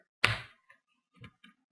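A thin plastic screen bezel clipped onto the lid of a Toshiba NB205 netbook is lifted with fingertips from the screen side, and a loud, sharp snap rings out at 0.2 s as a clip releases. Fainter small clicks and creaks follow as the bezel keeps being worked free.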